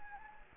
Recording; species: mosquito wingbeat signal from an infrared sensor; Anopheles gambiae